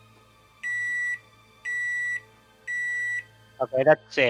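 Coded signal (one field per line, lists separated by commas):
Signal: none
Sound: microwave beeping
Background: speech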